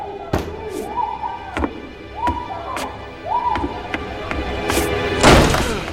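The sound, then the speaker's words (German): Heavy fists pound on a door again and again, a series of loud, hollow thuds at an uneven, insistent pace, the last blow the hardest, over a steady tonal hum. “Aufmachen! Aufmachen! Machen Sie die Tür auf!”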